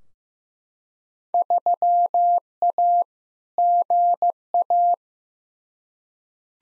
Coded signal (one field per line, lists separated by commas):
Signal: Morse code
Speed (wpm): 16 wpm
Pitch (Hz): 700 Hz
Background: none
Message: 3A GA